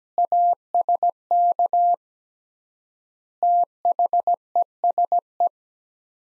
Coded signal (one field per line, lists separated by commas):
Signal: Morse code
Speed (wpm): 17 wpm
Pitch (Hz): 700 Hz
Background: none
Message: ASK THESE